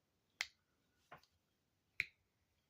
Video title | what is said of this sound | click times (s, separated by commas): Is This The Best EDC Lightweight Multitool? Leatherman Bond unboxing and review. | when you open up these handles, they um pop into place | 0.4 s, 2.0 s